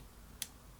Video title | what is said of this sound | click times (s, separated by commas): Olympus M.Zuiko 14-42mm F3.5-5.6 II R | and then it clicks into place and then you can zoom in or out | 0.4 s